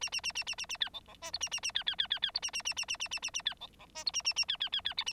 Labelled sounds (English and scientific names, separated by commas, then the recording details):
Bengalese Finch (Lonchura striata domestica) song
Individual Bird9